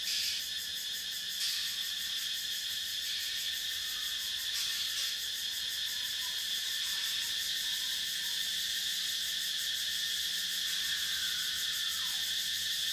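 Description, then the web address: Cicada: continuous high insect chorus of cicadas, shimmering and pulsed throughout, with faint low bird whistles and a descending slurred note near the end. Forest cicadas with other insects and birds, recorded at night in a Thailand forest. "Charlie Atanasyan - Thailand sound library by Faunethic Forest cicadas"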